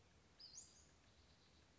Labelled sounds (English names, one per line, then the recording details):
Western Flycatcher
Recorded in Sonoma County, California